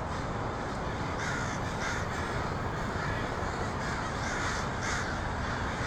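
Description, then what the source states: Many crows cawing at once, raspy calls piling over each other in a constant clamour. Portland, 23 October 2018.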